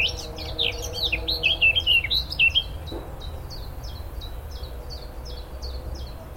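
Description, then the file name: Eurasian blackcap song, a quick burst of scratchy warbling and loud fluty whistles, followed by a thin, evenly repeated high note. "Sylvia atricapilla"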